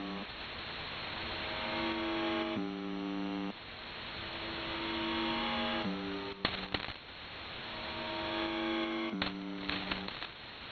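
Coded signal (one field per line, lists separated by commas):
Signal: channel marker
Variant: UVB-76 (The Buzzer)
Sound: loud hiss with several low, harsh buzzes about a second long and clicks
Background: radio static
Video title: UVB-76 (4625 kHz) Strange white noise 18:35 UTC (Noise starts at 3:15)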